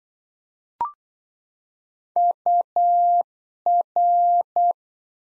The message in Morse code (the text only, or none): UR